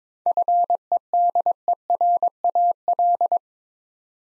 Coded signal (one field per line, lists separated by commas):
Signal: Morse code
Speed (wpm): 22 wpm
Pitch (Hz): 700 Hz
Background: none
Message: FEDERAL